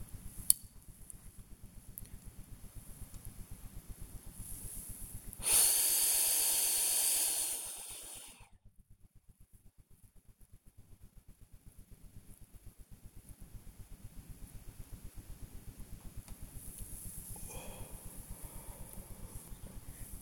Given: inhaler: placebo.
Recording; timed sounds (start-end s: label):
one use of a dry powder inhaler by a smartwatch
0.18-0.86 s: inhaler activation
5.35-8.55 s: inhalation
17.32-20.16 s: exhalation